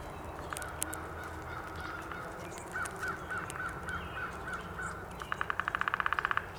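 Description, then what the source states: Downy woodpecker: a rapid, even burst of notes near the end, after a run of softer repeated notes. Recorded on 19 April 2019.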